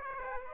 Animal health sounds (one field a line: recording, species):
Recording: mosquito wingbeat signal from an infrared sensor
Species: Aedes aegypti